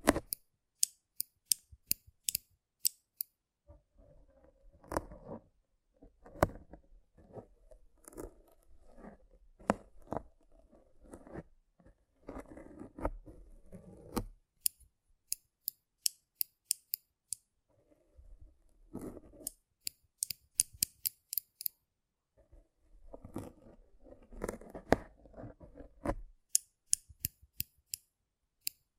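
Rough brain cleaning and picking: sharp snipping clicks recur throughout, between wet, squelching bursts of scraping, with a quieter pause near the middle.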